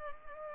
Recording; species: mosquito wingbeat signal from an infrared sensor; Culex pipiens